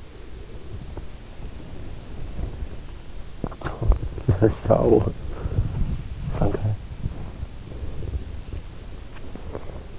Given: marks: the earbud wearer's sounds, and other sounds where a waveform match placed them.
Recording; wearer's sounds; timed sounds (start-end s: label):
sounds in sleep by an in-ear microphone; breath, body movement, teeth grinding, talking in sleep, swallowing
0.00-3.07 s: breath
2.40-9.81 s: body movement
3.43-4.19 s: teeth grinding
3.69-7.09 s: talking in sleep
8.96-9.81 s: swallowing